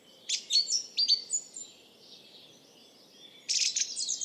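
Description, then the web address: Bird calls: a burst of short, high chirping notes at the start, a pause with faint twittering, then a loud rapid cluster of chirps near the end. "Bird Only"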